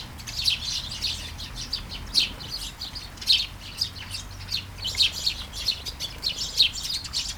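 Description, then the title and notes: Sparrows giving short sharp chirps, scattered and uneven, with brief louder notes standing out against a faint steady hiss. Flying sparrows in a garden at Taastrup, Denmark; early morning, light shower; recorded with Sony PCM-D100 internal mics. "Kærengen 8, 2630 Taastrup, Denmark - Flying sparrows. Flying sparrows in the garden, early morning. Light shower. Vols de moineaux dans le jardin, au petit matin. Pluie fine"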